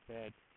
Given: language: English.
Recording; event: throat vibration sensor signal played as sound; speech